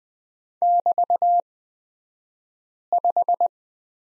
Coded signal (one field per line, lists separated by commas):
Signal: Morse code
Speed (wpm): 20 wpm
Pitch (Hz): 700 Hz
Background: none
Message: <BT>5